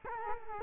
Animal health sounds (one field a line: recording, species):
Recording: mosquito wingbeat signal from an infrared sensor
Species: Culex quinquefasciatus